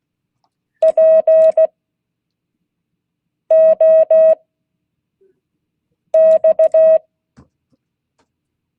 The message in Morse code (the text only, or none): POX